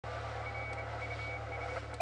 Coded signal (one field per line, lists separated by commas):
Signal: Morse code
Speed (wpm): 27 wpm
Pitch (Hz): 2250 Hz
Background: radio noise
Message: RUS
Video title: FK8DD/m QSO with KE1B on 20m 03/09/2015